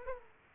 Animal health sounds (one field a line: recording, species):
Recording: mosquito wingbeat signal from an infrared sensor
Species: Aedes aegypti